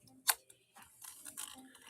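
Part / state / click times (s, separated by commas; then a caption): plastic tabbed part into a micro-scale toy ship / seated / 0.3 s. A matching plastic part with tabs is lined up on the other side of a micro-scale toy ship and pressed until its tabs snap into place. A sharp, bright snap is heard at 0.3 s, followed by quieter handling rustles and small clicks. The part is seated.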